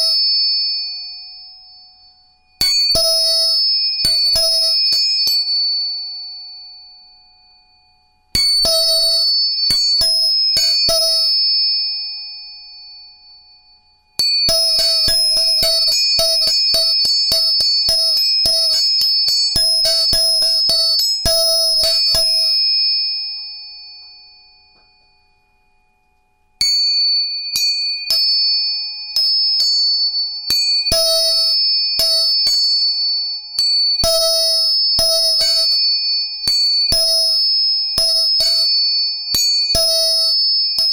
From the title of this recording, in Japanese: 音叉チューニング